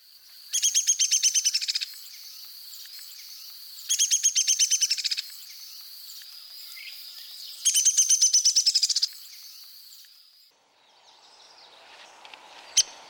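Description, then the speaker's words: Downy Woodpecker whinny: three fast rattling series of sharp high notes, each just over a second long, repeated every three to four seconds. Descending whinny. "Here again are the downy's vocalizations, a descending whinny and a flat pick."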